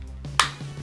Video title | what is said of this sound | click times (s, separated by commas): Oakley Airbrake Snow Goggles - SportRx | you'll hear a little snap and boom | 0.4 s